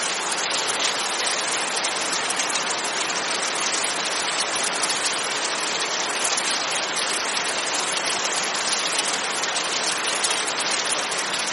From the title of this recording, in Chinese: 雷雨声 倾盆大雨